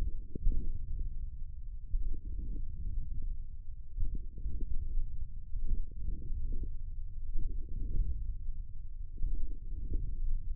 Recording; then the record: forearm muscle sounds (acoustic myography)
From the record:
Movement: wrist extension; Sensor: system 1, eight BSWA MPA416 microphones around the upper forearm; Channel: 6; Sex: male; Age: 42 years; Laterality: right